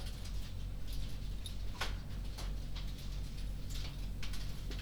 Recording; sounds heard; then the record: poultry house recording; no chicken sound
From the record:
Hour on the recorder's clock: 22